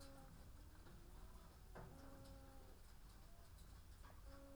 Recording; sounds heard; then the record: poultry house recording; sick chickens (respiratory disease)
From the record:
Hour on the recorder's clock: 14